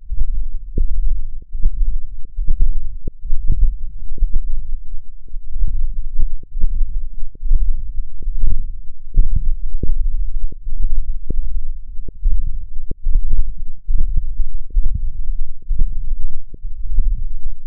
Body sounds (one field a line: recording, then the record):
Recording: forearm muscle sounds (acoustic myography)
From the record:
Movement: hand opening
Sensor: system 1, eight BSWA MPA416 microphones around the upper forearm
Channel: 8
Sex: male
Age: 21 years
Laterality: right